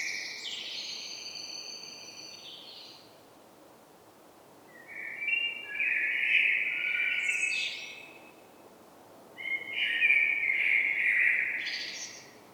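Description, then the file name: Common blackbird singing three separate phrases a few seconds apart, each a rich fluty warble with higher squeaky notes added. "Turdus merula"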